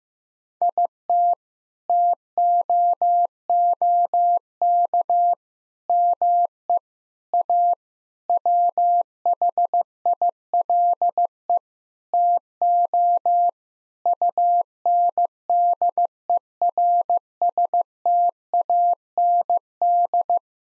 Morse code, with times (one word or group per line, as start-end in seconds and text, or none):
0.6-1.3 IT
1.9-5.3 TOOK
5.9-6.8 ME
7.3-7.7 A
8.3-11.6 WHILE
12.1-13.5 TO
14.1-20.4 UNDERSTAND